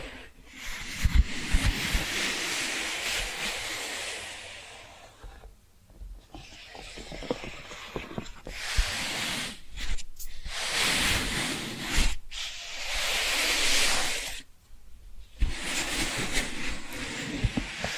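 Tapping and scratching sounds in dense, hissy bursts, with brief near-silent gaps around six, ten and fifteen seconds and scattered low knocks.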